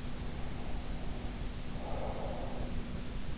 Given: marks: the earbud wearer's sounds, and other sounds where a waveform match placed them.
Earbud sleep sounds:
sounds in sleep by an in-ear microphone; breath
0.05-3.10 s: breath

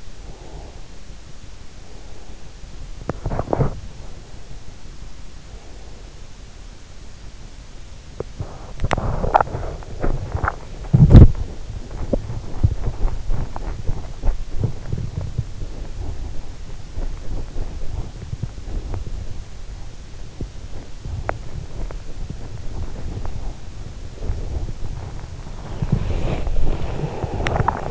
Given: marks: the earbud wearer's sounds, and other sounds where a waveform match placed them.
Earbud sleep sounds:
sounds in sleep by an in-ear microphone; breath, teeth grinding, body movement
0.00-2.56 s: breath
2.92-3.83 s: teeth grinding
4.05-6.58 s: breath
7.48-27.91 s: body movement

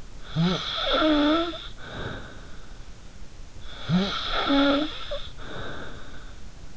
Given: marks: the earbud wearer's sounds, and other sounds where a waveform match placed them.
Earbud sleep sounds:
sounds in sleep by an in-ear microphone; snoring breath
0.21-2.91 s: snoring breath
3.60-6.45 s: snoring breath

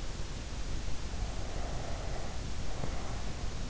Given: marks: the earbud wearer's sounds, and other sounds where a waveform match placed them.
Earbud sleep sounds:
sounds in sleep by an in-ear microphone; breath
1.04-3.53 s: breath

